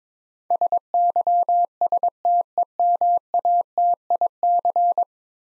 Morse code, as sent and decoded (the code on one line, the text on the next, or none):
... -.-- ... - . -- .- - .. -.-.
SYSTEMATIC